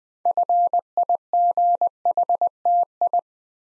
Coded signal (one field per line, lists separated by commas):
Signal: Morse code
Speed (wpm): 20 wpm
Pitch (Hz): 700 Hz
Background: none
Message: FIGHTI